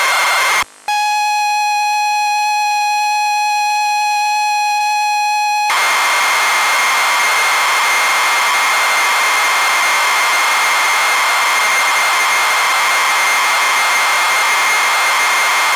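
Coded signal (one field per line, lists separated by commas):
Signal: ZX Spectrum tape loading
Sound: a click, about five seconds of steady buzzy pilot tone, then harsh screeching data noise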